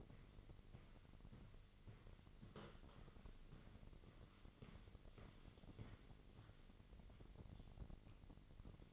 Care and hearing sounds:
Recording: daily activity, microphone in the room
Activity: walk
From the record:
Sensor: 4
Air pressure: 1002.4 hPa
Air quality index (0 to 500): 218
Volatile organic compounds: 12 ppm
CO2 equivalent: 2355 ppm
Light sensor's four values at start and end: 21/72/26/26 and 21/71/26/26

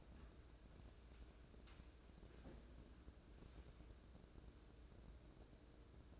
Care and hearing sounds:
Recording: daily activity, microphone in the room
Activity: wipe stove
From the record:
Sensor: 2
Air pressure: 1012.2 hPa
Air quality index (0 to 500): 162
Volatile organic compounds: 2 ppm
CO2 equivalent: 1178 ppm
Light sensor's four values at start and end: 396/1034/398/427 and 399/1044/400/431

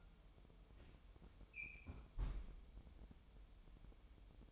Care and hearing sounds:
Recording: daily activity, microphone in the room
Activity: close fridge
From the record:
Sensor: 1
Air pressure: 988.4 hPa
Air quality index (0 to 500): 198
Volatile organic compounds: 998 ppm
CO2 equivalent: 5278 ppm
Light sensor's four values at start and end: 26/97/36/38 and 26/97/36/38

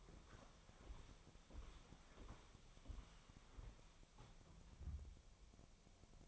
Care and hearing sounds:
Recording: daily activity, microphone in the room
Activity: walk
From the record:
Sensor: 1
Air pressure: 1015.3 hPa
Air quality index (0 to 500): 128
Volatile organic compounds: 5 ppm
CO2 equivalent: 1768 ppm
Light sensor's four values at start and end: 8/21/8/8 and 10/24/10/10

